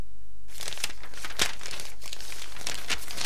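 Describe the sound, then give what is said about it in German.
Newspaper pages being read rustle and crinkle continuously after a brief quiet start, with sharper crackling bursts as the paper is folded and handled. No voices are heard. “Lesen Sie nur Ihre Zeitung, bis wir uns in London voneinander verabschieden.”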